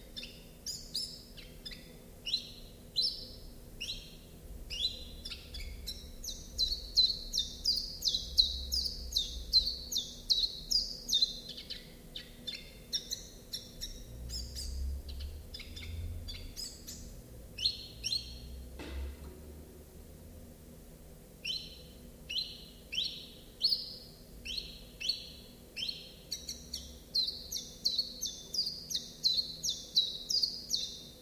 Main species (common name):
Common Chiffchaff